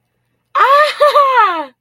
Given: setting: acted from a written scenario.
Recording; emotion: vocal sound without words; positive surprise